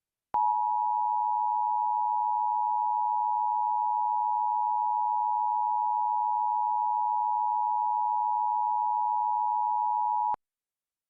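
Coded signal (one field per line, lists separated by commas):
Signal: Emergency Alert System (SAME) tones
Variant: 853 and 960 Hz attention tone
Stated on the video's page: Fictional scenario SAME alert, clean version.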